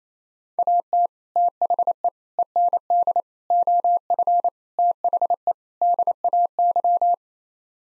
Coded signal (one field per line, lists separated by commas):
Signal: Morse code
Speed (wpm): 27 wpm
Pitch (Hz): 700 Hz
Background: none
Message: AT THE END OF THE DAY